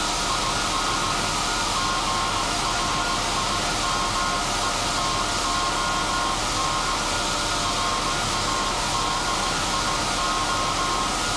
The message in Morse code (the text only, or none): IS GRIMETON RADIO